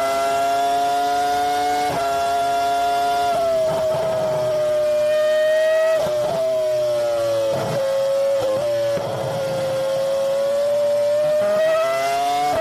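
A Formula One race car engine holds a loud, steady whine with a strong buzzing tone and bright overtones. The pitch steps up briefly near two and six seconds, sags gradually through the middle, then climbs again toward the end, with short rough bursts between.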